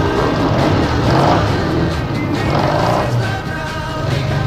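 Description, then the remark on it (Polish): Loud, continuous engine noise from rockers' motorcycles in Essex, a deep rumbling drone that swells and dips a few times as the engines rev, with no voices over it. “Kiedy zeszli ze swoich motorów, zapytałem ich o moców.”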